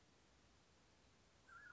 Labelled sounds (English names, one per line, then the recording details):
Mountain Quail
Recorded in Sonoma County, California